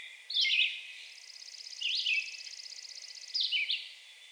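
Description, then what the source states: Red-eyed Vireo song, three short slurred phrases, with a rapid, even high-pitched trill behind them. Recorded 2 June 2020.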